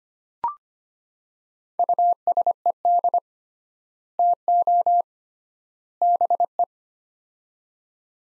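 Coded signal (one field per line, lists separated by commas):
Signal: Morse code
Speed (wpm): 25 wpm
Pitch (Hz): 700 Hz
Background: none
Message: USED TO BE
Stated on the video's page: Morse practice of three-word sets at 25 wpm with 3x word spacing, a Farnsworth-like method for head-copy training.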